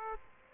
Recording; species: mosquito wingbeat signal from an infrared sensor; Aedes aegypti